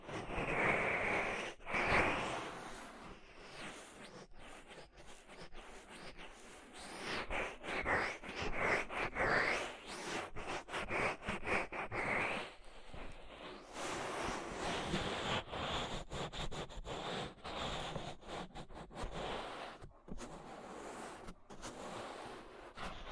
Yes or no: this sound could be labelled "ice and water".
no